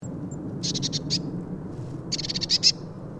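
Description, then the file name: Eurasian blue tit giving two bursts of rapid, buzzy, churring notes over a steady low rumble of background noise. "Cyanistes caeruleus"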